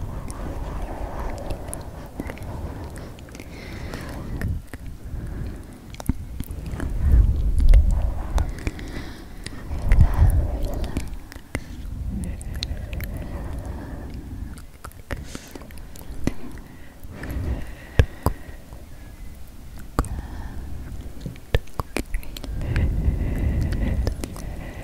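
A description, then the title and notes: Soft ASMR mouth sounds, sksk and tktk, with light face touching: sharp little clicks and taps scattered irregularly throughout, over low rustling and brushing. The rustle swells around seven to ten seconds and again near the end, all quiet. ASMR Super Slow Personal Attention,-sounds Face Touching, Sksk, Tktk, . (Layered).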